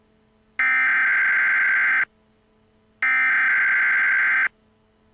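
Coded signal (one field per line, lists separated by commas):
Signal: Emergency Alert System (SAME) tones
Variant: header bursts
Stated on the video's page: Fictional EAS scenario.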